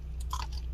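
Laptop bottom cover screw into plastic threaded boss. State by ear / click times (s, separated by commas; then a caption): not seated / none. A screw, number three of the bottom cover on an HP Pavilion Gaming Laptop 15-cx0045nr, is handled and twisted backwards in its plastic threaded boss to find the thread, with a steady low hum and a few faint short ticks and scrapes. The thread has not yet dropped in and nothing has clicked or seated yet.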